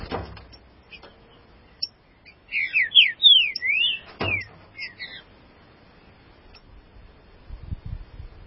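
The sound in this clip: Green-winged saltator song: one short burst of clear slurred whistled notes, with sharp knocking sounds.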